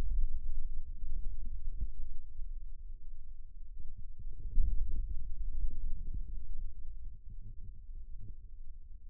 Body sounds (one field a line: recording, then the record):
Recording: forearm muscle sounds (acoustic myography)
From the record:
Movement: inward rotation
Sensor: system 2, bracelet of six BSWA MPA416 microphones around the upper forearm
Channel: 1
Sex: male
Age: 22 years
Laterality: right